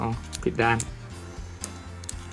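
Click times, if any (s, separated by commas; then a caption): 2.1 s. Someone talks while pushing a blade cartridge onto the plastic handle of an Xfit One Piece Film Gold Limited razor after turning the cartridge the right way round. A short click is heard at 2.1 s, and the cartridge locks onto the handle.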